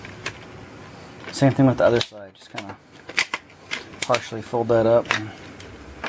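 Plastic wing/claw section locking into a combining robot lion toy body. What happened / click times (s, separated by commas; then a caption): The plastic part is being handled and has not yet locked in place / none. Someone talks while handling the plastic wing/claw section on the second side of a combining robot-lion toy, partially folding it up to clear the body, with brief sharp plastic handling taps. The part has not yet locked into place, and nothing has seated or clicked yet.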